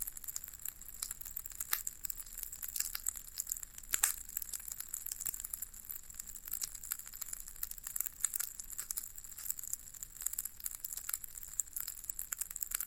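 Floral foam is pressed and crumbled in a dense, steady stream of fine crackles and bright crisp snaps, with sharper pops near four seconds.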